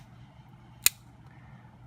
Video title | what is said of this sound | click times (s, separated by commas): Build Your Own Padlock Kit Walkthrough | but you should hear everything click right into place | 0.9 s